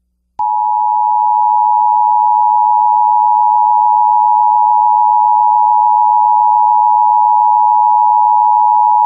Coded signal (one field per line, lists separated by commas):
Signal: Emergency Alert System (SAME) tones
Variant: 853 and 960 Hz attention tone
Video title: Emergency Alert System Roundup 3/3/2021